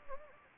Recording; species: mosquito wingbeat signal from an infrared sensor; Anopheles gambiae